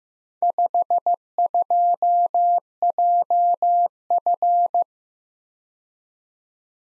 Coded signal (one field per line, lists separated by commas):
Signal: Morse code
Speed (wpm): 18 wpm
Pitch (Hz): 700 Hz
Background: none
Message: 52JF